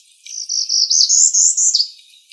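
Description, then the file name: Northern parula song: one complete buzzy trill that steps upward in pitch through a series of short pulses, then drops sharply at the end. Recorded on 27 May 2012. "NOPA Ison"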